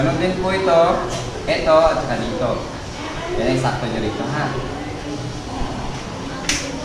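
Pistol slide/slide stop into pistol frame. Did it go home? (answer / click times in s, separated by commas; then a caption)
yes / 6.5 s. Someone talks while reassembling a pistol, pushing the slide or slide stop into the pistol frame. A sharp click is heard at 6.5 s as the part locks into place and is seated.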